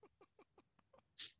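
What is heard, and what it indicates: A few short voiced syllables are followed by one abrupt, hissing, high-pitched burst of air, a single sneeze. The explosive noise is brief and fades quickly, an ordinary sneeze.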